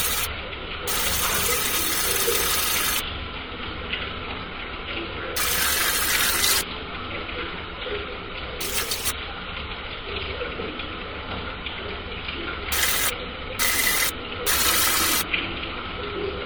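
Bath water runs in a steady, dense rush that fills the low and middle range throughout. Bright, hissing splashes surge over it in bursts, at about 0–3 seconds, 5–6.5 seconds, briefly near 9 seconds, and in several quick spurts from 12.5 to 15 seconds.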